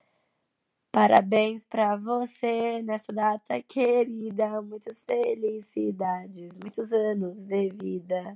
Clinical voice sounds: short text; Brazilian Portuguese; female; 20 to 29 years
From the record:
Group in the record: control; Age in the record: 22 years

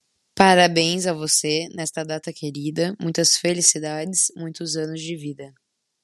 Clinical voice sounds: short text; Brazilian Portuguese; female; 20 to 29 years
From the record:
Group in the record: control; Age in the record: 23 years

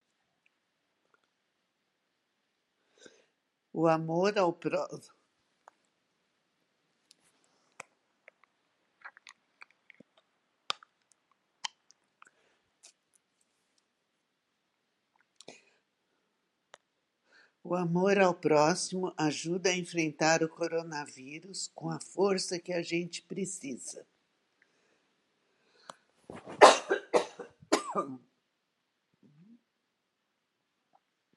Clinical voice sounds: spoken sentence; Brazilian Portuguese; female; 70 to 79 years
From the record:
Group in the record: control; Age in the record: 78 years

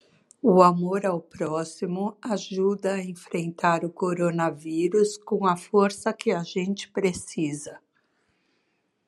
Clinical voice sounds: spoken sentence; Brazilian Portuguese; female; 50 to 59 years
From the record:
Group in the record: control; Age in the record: 55 years

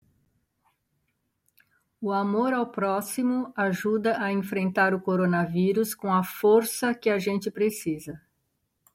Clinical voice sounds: spoken sentence; Brazilian Portuguese; female; 60 to 69 years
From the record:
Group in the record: control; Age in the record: 65 years

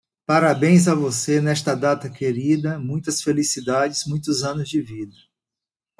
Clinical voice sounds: short text; Brazilian Portuguese; male; 50 to 59 years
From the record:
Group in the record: control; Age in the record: 56 years

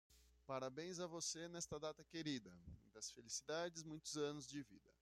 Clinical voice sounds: short text; Brazilian Portuguese; male; 30 to 39 years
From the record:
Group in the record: control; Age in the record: 34 years

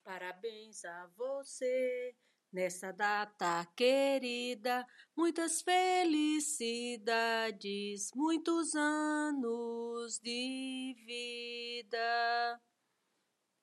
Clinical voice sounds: short text; Brazilian Portuguese; female; 50 to 59 years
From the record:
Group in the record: control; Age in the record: 58 years

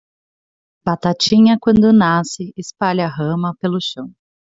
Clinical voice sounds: short text; Brazilian Portuguese; female; 30 to 39 years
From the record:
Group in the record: control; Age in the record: 31 years

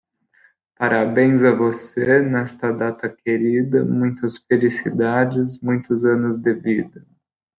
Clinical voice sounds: short text; Brazilian Portuguese; male; 20 to 29 years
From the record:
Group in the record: control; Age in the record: 23 years

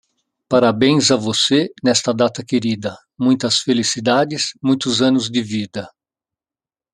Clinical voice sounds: short text; Brazilian Portuguese; male; 50 to 59 years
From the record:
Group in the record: control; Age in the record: 58 years

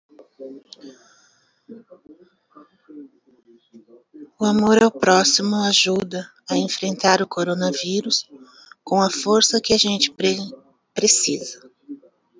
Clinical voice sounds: spoken sentence; Brazilian Portuguese; female; 40 to 49 years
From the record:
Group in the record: control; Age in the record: 49 years

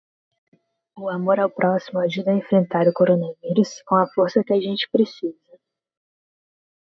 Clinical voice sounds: spoken sentence; Brazilian Portuguese; female; 20 to 29 years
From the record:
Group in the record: control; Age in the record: 26 years

